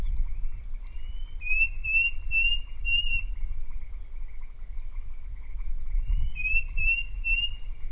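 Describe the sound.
Bird calls as thin whistled notes in two brief runs, with a series of short high pulses early on and low rumbling noise beneath.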